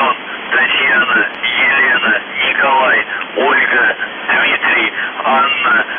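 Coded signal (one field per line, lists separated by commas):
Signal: numbers station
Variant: UVB-76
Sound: a muffled voice speaking steadily through narrow-band radio static, with no buzzing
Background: radio static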